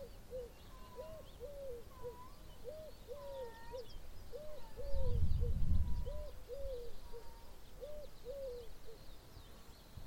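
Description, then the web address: Bird calls: short, arched mid-pitched notes given in quick series of two or three, with faint higher chirps behind and a low rumble midway. "Deverinetal 2025. Bird Only"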